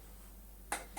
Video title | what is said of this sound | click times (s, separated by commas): The French Moulinex E59 - After Restoration! | And yeah, when you twist it, you can feel it pushing in, and then it locks into place. | 0.7 s